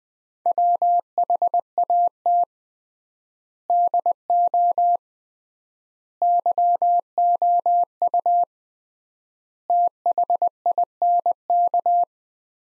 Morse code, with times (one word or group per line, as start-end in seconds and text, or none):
0.5-2.4 WHAT
3.7-5.0 DO
6.2-8.4 YOU
9.7-12.0 THINK